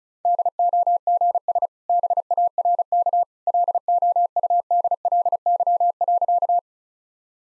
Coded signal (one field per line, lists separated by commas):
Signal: Morse code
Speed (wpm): 36 wpm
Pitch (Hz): 700 Hz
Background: none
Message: DOGS BARK LOUDLY.